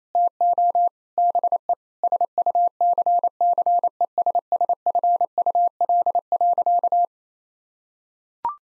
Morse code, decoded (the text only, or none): TO BE SUCCESSFUL.